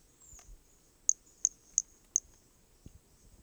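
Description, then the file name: Hermogenes' pumpkin toadlet uttering four tiny, high-pitched chirps in a regular row. Corcovado; recorded specimen; starting notes lost, recorded without interruption. "MHNCI Brachy hermogenesi Corcovado specimen one two starting notes lost without interruption"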